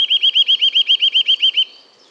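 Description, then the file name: Eurasian nuthatch calling: a fast, steady series of about a dozen high, rising, whistled notes over one and a half seconds, then stopping. "Sitta europaea"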